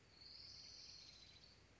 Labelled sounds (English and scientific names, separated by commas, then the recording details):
Orange-crowned Warbler (Leiothlypis celata)
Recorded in Sonoma County, California